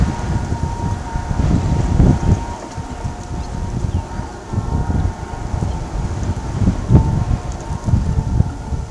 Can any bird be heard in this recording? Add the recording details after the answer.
no. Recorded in pastures near Pivijay, Magdalena, Colombia, on 14 April 2023 at 15:00. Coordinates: 10.456, -74.369. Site P6-G026